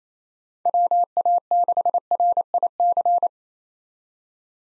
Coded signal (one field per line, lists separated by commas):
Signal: Morse code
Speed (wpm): 29 wpm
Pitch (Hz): 700 Hz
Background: none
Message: WA6RIC